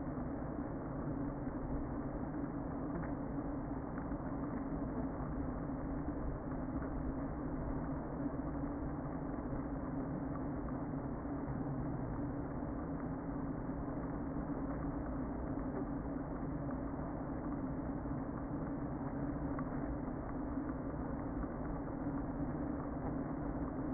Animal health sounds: honeybee colony, microphone inside the hive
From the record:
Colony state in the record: queen present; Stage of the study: before two queens were removed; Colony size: about 60,000 bees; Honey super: yes

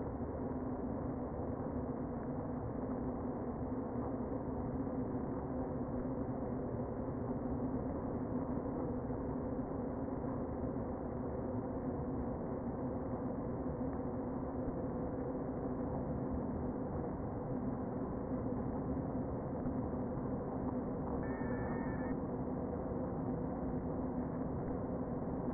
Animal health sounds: honeybee colony, microphone inside the hive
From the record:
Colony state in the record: queen present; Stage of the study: before two queens were removed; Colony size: about 60,000 bees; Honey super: yes

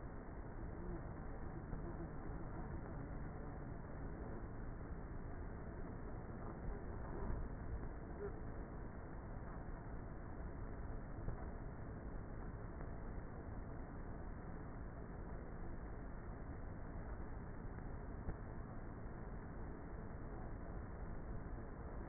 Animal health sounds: honeybee colony, microphone inside the hive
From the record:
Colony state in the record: queenless with a low population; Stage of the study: before two queens were removed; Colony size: about 30,000 bees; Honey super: no

